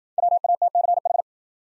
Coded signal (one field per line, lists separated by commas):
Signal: Morse code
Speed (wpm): 56 wpm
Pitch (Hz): 700 Hz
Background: none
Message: WATCH